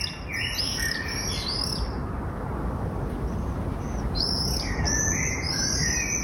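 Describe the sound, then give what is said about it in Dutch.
Common swifts nesting under the roof tiles of a house in The Hague, Netherlands, scream in shrill, high-pitched bursts, one flurry of screeching calls at the start and another near the end, over a steady wash of background noise. “dat de gierzwaluwen niet zouden terugkomen. Maar jawel, ze gieren weer volop.”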